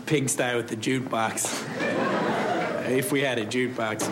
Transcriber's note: soundbite of laughter